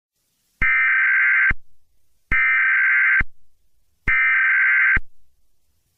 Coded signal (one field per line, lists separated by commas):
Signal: Emergency Alert System (SAME) tones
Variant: header bursts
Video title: EAS SCENARIO: Does Bad Things Guy: 11/20/2025. **HAS VALID TONES**